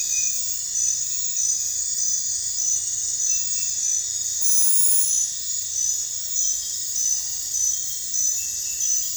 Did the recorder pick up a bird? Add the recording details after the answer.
no. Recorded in dense forest near Puerto Asís, Putumayo, Colombia, on 21 December 2024 at 01:00. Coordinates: 0.468, -76.322. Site G071